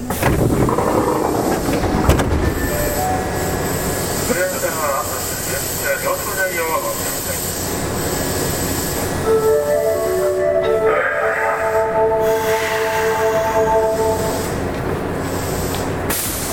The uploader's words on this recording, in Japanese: 近鉄7000系 地下鉄中央線 本町から長田まで。It is a running sound of a Kintetsu 7000 series train.I recorded on the Osaka city subway Chuo Line of a direct drive destination.